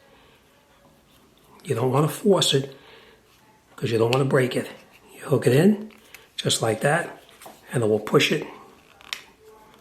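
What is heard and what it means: Someone talks while hooking the plastic half of a Honda key fob housing in at the back and pushing it onto the fob body, taking care not to force and break it. A sharp snap at 9.1 s marks the half seating in place.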